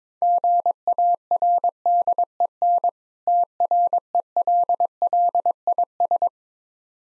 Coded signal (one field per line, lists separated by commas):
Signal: Morse code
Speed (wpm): 22 wpm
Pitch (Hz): 700 Hz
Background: none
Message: GARDEN TRELLIS